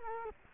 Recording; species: mosquito wingbeat signal from an infrared sensor; Culex quinquefasciatus